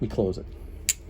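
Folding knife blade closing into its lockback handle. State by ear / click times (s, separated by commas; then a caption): seated / 0.9 s. Someone talks, then the blade of a lockback hawkbill folding knife is closed into its handle. A single sharp snap is heard at 0.9 s as the blade seats.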